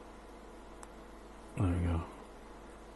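A plastic cylinder head cover is dropped onto the plastic engine subassembly of a scale model Lancaster Bomber B III and pressed home. A single sharp tick at 0.8 s marks it seating, a nice tight fit. Someone talks around 1.6–2.0 s.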